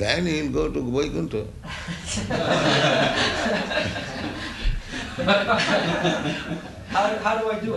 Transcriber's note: laughter